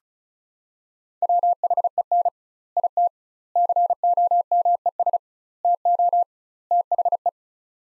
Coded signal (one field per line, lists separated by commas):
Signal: Morse code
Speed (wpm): 36 wpm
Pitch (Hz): 700 Hz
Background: none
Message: WHEN IT COMES TO THE